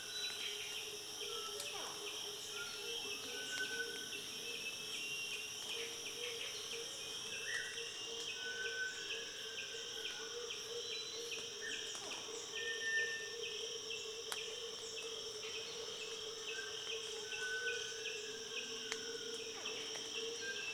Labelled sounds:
Brown Illadopsis
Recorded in Kibale, Uganda

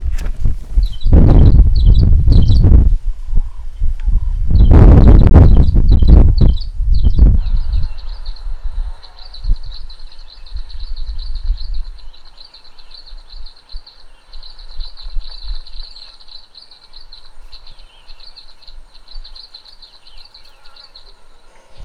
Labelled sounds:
Tiny Cisticola
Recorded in northern Uganda

